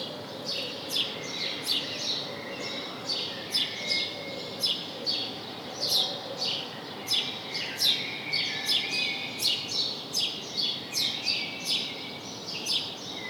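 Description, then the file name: House sparrow: a long series of repeated chirps over steady background noise. "Passer domesticus"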